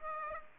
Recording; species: mosquito wingbeat signal from an infrared sensor; Aedes aegypti